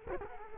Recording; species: mosquito wingbeat signal from an infrared sensor; Culex quinquefasciatus